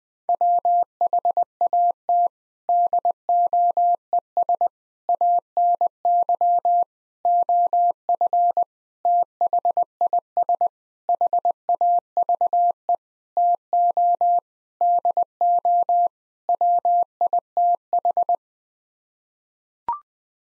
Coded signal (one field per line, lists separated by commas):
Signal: Morse code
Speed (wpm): 20 wpm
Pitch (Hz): 700 Hz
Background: none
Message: WHAT DOES ANY OF THIS HAVE TO DO WITH